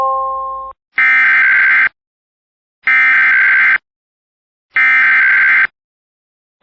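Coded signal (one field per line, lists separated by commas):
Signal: Emergency Alert System (SAME) tones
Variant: header bursts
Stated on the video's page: Mock reenactment of a real statewide winter storm (extreme cold) warning using valid EAS tones, remade from a radio station's alert audio.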